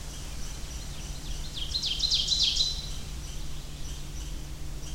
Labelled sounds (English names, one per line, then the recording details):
Ovenbird song
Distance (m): 10 m
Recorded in boreal forest in Alberta, Canada, on 23 June 2016 at 07:02
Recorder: SongMeter 3, array SBT-6-76
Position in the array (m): 305 m, 110 m
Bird 1